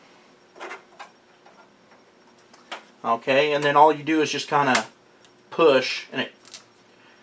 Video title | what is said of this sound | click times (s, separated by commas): FX-8350 Gaming/Video Editing Build Jan 2016 | I'm pretty sure you can hear it click there. | 6.5 s